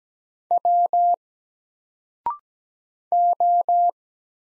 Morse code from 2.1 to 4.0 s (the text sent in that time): O